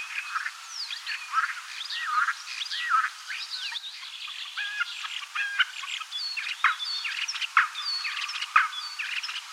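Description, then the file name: Common starling song, dense and varied, with swooping whistles, slurred rising and falling notes and quick chatter that runs without a break. "Skvorec obyknovennyj Sturnus vulgaris"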